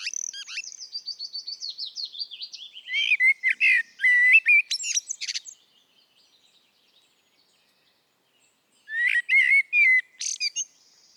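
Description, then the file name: Common blackbird song: a rapid series of high, wavering notes building into loud squeaky twittering, a long silence, then a final short twittering phrase. "Turdus merula"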